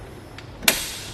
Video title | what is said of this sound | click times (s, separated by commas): etrailer - Thule Hitch Bike Racks Review - 2014 Jeep Grand Cherokee TH9042PRO | you hear that real nice positive click from our lever here that indicates it's locked in place we're ready to go | 0.7 s